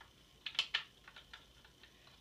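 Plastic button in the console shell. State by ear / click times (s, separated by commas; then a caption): seated / 0.5 s, 0.6 s, 0.8 s. While reassembling a SNES, a plastic button piece is set into its hole in the console shell and pushed down until it snaps into place. Three sharp plastic clicks sound at 0.5, 0.6 and 0.8 seconds, followed by a few fainter ticks. The button is seated.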